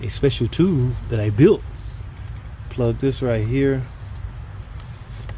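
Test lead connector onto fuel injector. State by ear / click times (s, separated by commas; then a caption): seated / 5.3 s. A test-tool electrical connector is plugged onto a fuel injector while someone talks. Its plastic latch clicks home at 5.3 seconds with a short, sharp snap, and the connector is seated.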